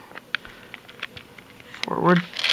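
A small tab on a plastic M4-style airsoft magazine speed loader is handled and pulled forward, producing a few faint plastic ticks and taps over low background noise. Someone talks toward the end. Nothing has seated or clicked into place yet.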